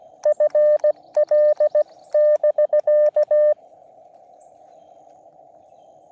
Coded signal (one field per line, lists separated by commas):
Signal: Morse code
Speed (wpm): 17 wpm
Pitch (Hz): 600 Hz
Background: none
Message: FL<BK>